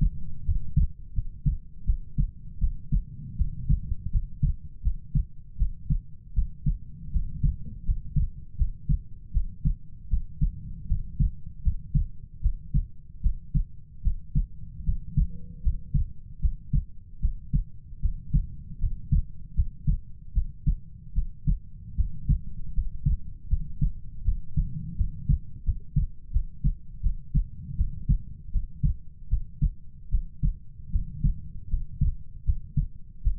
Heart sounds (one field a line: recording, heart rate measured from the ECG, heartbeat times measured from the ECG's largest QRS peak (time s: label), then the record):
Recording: heart sounds by stethoscope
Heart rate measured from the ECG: 79 bpm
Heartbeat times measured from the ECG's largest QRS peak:
0.43 s: heartbeat
1.13 s: heartbeat
1.84 s: heartbeat
2.58 s: heartbeat
3.36 s: heartbeat
4.10 s: heartbeat
4.82 s: heartbeat
5.57 s: heartbeat
6.33 s: heartbeat
7.11 s: heartbeat
7.84 s: heartbeat
8.56 s: heartbeat
9.31 s: heartbeat
10.08 s: heartbeat
10.86 s: heartbeat
11.62 s: heartbeat
12.40 s: heartbeat
13.21 s: heartbeat
14.02 s: heartbeat
14.83 s: heartbeat
15.61 s: heartbeat
16.39 s: heartbeat
17.19 s: heartbeat
18.00 s: heartbeat
18.78 s: heartbeat
19.54 s: heartbeat
20.32 s: heartbeat
21.13 s: heartbeat
21.95 s: heartbeat
22.73 s: heartbeat
23.48 s: heartbeat
24.23 s: heartbeat
24.95 s: heartbeat
25.63 s: heartbeat
26.31 s: heartbeat
27.01 s: heartbeat
27.75 s: heartbeat
28.50 s: heartbeat
29.28 s: heartbeat
30.09 s: heartbeat
30.90 s: heartbeat
31.68 s: heartbeat
32.44 s: heartbeat
33.22 s: heartbeat
From the record:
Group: healthy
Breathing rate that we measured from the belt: 17 breaths a minute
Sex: female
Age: 19 years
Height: 163 cm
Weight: 48.9 kg